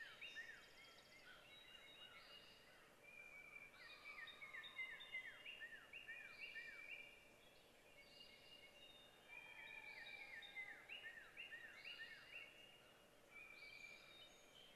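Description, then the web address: Birds singing bright whistled phrases and quick downslurred notes, high in pitch, over a steady background hiss. "Sapphirelakes vtour Birds Sing"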